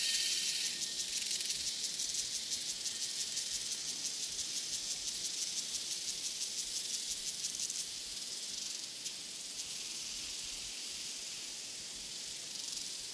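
Crickets chirr in a dense, steady, high-pitched chorus of rapid pulses, holding nearly constant over the whole stretch with a faint low rumble beneath.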